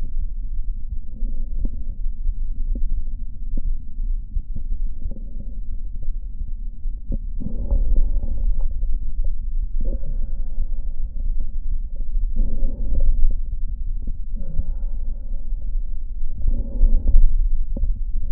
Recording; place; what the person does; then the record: lung sounds by stethoscope; left anterior apical chest; quiet breathing, then deep breathing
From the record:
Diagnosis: COPD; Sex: male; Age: 81 years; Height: 166 cm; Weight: 98.7 kg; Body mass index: 35.8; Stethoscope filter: diaphragm mode